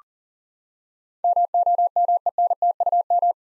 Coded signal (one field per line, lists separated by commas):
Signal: Morse code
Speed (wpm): 40 wpm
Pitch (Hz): 700 Hz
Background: none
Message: MOMENTUM